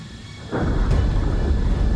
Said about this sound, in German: Flugkontrolle, es hat offensichtlich eine Art Explosion gegeben. Korrigiere. Kein Druckabfall in der Kabine. Aber irgendetwas hat mich gerammt.